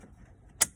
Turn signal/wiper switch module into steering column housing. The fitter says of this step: You hear that click? Totally easy.